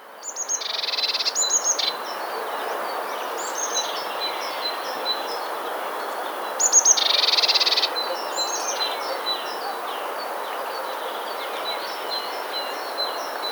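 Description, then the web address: Eurasian blue tit calls: two loud bursts of high whistled notes that run into a harsh, buzzy rattle, over a steady hiss and many faint chirps from other birds. "wroblowe teka glos"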